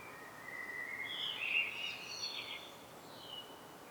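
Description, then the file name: Common blackbird song, a rising warble breaking into a high scratchy twitter, fairly quiet against constant background hiss. "Turdus merula"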